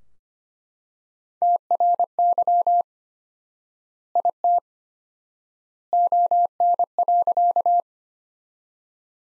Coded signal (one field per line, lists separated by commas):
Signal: Morse code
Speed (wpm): 25 wpm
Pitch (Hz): 700 Hz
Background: none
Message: TRY IT ON.